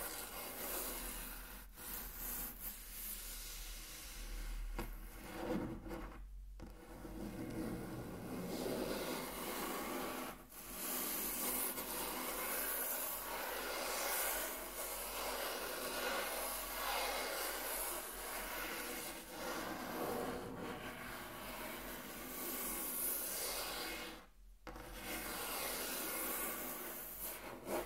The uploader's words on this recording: Intense Table Tracing (No Talking).